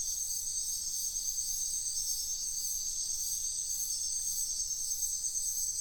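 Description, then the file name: Crickets in a dense, shrill, high-pitched chorus with a pulsing rhythm. Crickets calling at night in a wetland in Sian Ka'an Biosphere Reserve. "felix blume nature ambience wetland night frogs crickets insects sian kaan biosphere reserve"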